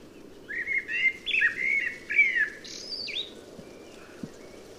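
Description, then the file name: Common blackbird singing a mellow whistled phrase of several rising and dipping notes, then a thinner, higher twittering end. "Turdus merula"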